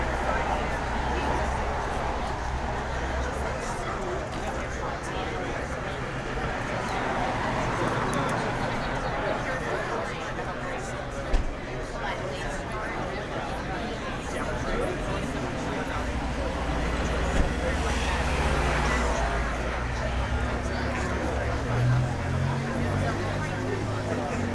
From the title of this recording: Lunch in the City